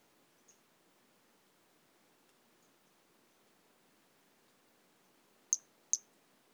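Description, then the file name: Pumpkin toadlet, a pair of sharp high chirps near the end after a mostly quiet stretch with one faint earlier note. "Brachycephalus albolineatus"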